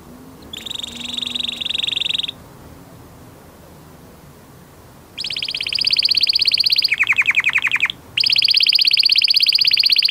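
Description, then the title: Belgian canary song in bursts: a short bright trill, a pause with faint background hiss, then loud rapid high trills with a lower rattling phrase between them. Male Belgian canary singing a lot, for training and warming up young canaries. "Esquente Seu Filhote E Canario Belga Macho Cantando Muito. Canary 's song for training"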